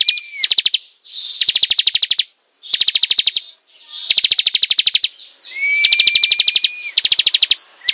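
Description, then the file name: Prinia delivering lively, almost continuous runs of rapid chirping phrases with hardly a pause, plus one long steady whistle near the end. Singing vigorously, described by the local term gacor. "prenjak gacor"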